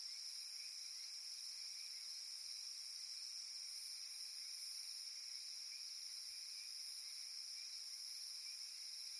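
Continuous cicada whine in layered high bands, steady and unvarying.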